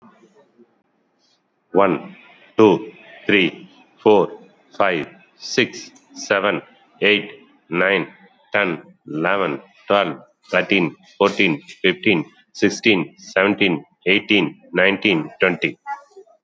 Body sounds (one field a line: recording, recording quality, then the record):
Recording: counting at a normal pace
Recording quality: excellent, no background noise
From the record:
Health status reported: COVID-19 positive, mild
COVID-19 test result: positive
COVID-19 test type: RT-PCR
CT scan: taken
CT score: 18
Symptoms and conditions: cold, muscle pain, hypertension, ischaemic heart disease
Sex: male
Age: 55 years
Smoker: no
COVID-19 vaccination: both doses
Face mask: not worn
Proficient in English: yes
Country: India